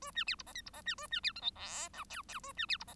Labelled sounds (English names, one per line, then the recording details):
Bengalese Finch song
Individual Bird1